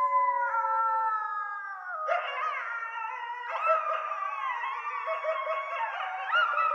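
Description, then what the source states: Coyote howls in long sustained tones with rich harmonics, shifting in pitch in a few steps. Coyotes recorded at night on 6 March 2013.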